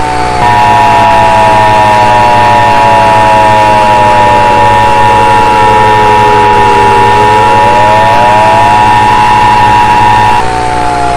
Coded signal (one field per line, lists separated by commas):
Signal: Emergency Alert System (SAME) tones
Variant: 853 and 960 Hz attention tone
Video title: EAS Scenario - Talking Angela's Rampage: Ailurophobia | (Ft. SPCEastCoast1559)